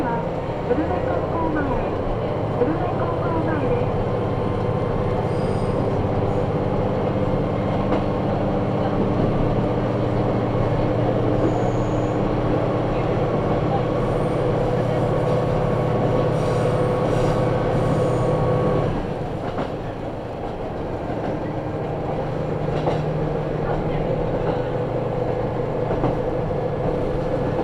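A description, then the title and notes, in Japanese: A ride aboard a train on a regional line between two stations, heard from inside the car. A dense, steady low rumble carries humming engine tones throughout, easing and shifting pitch around 19 seconds before settling again. A faint voice may sit underneath. 久大本線 田主丸→久留米。田主丸から久留米まではずっと久留米市内を走ります。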